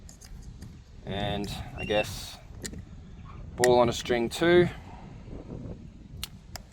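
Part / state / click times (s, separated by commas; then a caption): door lock cable end into door lock actuator / seated / 6.2 s, 6.6 s. Someone talks while the cylindrical end of the second door lock cable on a 2011–2017 Hyundai ix35 is pushed into its plastic socket on the door lock actuator. Sharp clicks are heard at 6.2 s and 6.6 s as the cable end snaps into place and seats.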